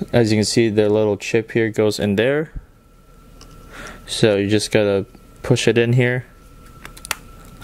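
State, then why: Seated. A small plastic screen module with its connector chip is pushed into the body of a tiny 4K action camera while someone talks. After a pause, a few faint taps lead to a sharp click at 7.1 s as the module seats.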